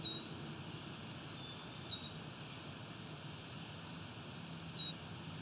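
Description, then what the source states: Brown Creeper calls: three thin, very high sibilant notes a few seconds apart, over background noise. Bird slowly creeping up a tree looking for bugs while making a high-pitched sound; came very close to the recordist; unclear whether juvenile or adult; windy.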